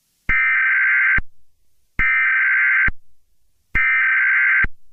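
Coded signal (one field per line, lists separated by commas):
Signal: Emergency Alert System (SAME) tones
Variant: header bursts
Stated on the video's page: Fictional EAS scenario.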